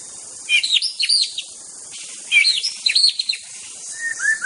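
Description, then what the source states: White-rumped shama song of high, bright whistled phrases, two loud bursts about two seconds apart, then softer falling whistles at the end. Forest-type white-rumped shama.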